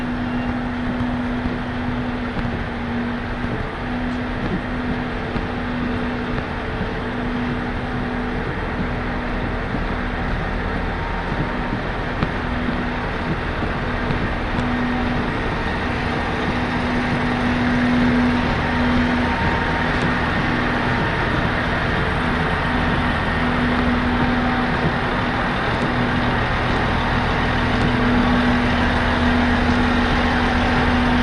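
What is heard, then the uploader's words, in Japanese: A single-car railbus runs on the Ise Railway, its engine a steady, dense drone with a low hum and a faint humming tone that comes and goes. The level creeps up slightly after about fifteen seconds, and no voices stand out above the running noise. 伊勢鉄道 四日市→津。四日市から河原田までの2駅はＪＲ区間に乗り入れ、あとは伊勢鉄道内を走ります。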